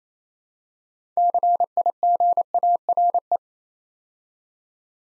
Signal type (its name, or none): Morse code